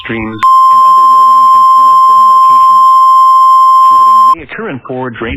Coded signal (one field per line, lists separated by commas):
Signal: Emergency Alert System (SAME) tones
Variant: 1050 Hz attention tone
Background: speech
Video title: Emergency alert System (Charleston SC #easalert #scary #emergencyalertsystem